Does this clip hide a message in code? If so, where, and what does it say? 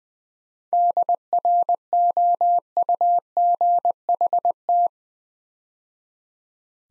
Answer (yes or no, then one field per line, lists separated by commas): yes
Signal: Morse code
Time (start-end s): 0.7-4.9 s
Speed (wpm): 20 wpm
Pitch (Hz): 700 Hz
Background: none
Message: DROUGHT